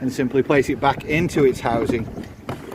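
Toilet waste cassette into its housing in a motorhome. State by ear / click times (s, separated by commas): not seated / none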